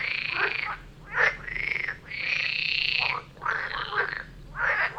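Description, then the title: Frogs giving long, even croaks lasting up to a second, interspersed with quick croaks, a busy chorus throughout. Frog chorus recorded near Vellerner Brook in Neubeckum at 2pm; binaural recording meant for headphones. "Frog concert near Vellerner Brook in Neubeckum - 2pm"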